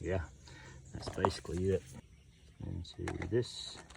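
A new S11665 cartridge oil filter element, fitted with a new O-ring, is handled and brought toward the plastic filter housing cap of a 2014 Jeep Grand Cherokee Limited during an oil change. Someone talks over faint handling noises. The element has not yet been pushed on, and nothing has seated or clicked yet.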